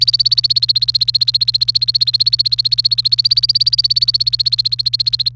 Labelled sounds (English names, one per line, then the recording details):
Domestic Canary song
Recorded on 29 April 2018 at 09:24
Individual llb3